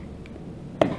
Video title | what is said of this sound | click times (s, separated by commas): How to replace an iPhone 5 screen | you're gonna want to hear snaps. | 0.8 s